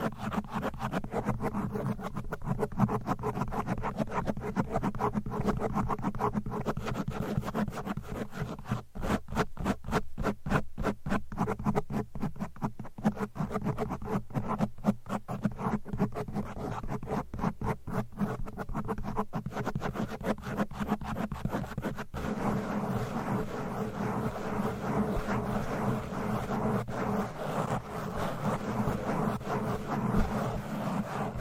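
Fast, aggressive scratching of microphone covers and nails runs without pause, a dense low rumble with rough midrange scraping. From about 9 to 22 seconds it breaks into rapid, sharp clicking strokes, then returns to steadier, thicker scratching that continues to the end.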